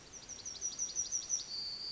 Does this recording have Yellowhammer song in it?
yes